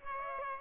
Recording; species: mosquito wingbeat signal from an infrared sensor; Aedes aegypti